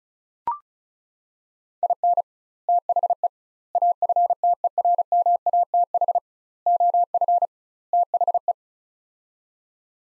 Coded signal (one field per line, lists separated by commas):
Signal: Morse code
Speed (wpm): 36 wpm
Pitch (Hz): 700 Hz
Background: none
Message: IN THE AFTERMATH OF THE